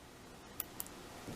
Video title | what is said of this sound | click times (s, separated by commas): Piwoka Action Camera (4K Version) - Unboxing and Video Test | there's the click we've inserted it correctly | 0.6 s